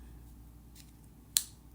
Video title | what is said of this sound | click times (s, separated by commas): MelodySusie e-file SM180F | Click. Make sure it clicks. | 1.4 s